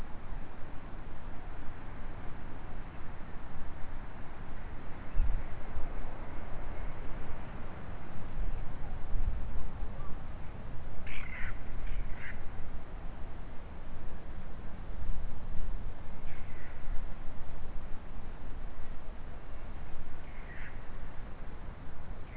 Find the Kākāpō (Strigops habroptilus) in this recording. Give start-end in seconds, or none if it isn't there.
none